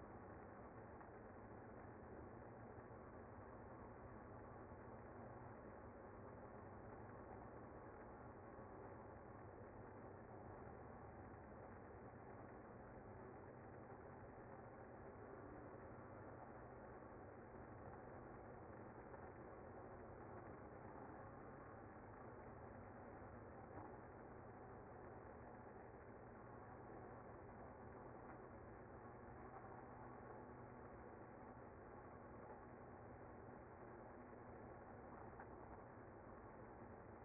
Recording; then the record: honeybee colony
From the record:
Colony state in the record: active